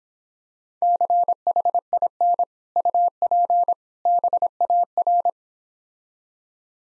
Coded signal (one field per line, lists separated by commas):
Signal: Morse code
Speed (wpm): 26 wpm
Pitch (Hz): 700 Hz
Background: none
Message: CHIN UP BAR